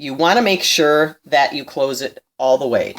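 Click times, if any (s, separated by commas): none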